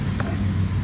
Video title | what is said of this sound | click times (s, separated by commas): Honda Airblade 160 - ECU initialize reset - Check and delete fault code #diy #hondaairblade | I-push lang natin ito hanggang sa mag ah mag-click siya. | 0.2 s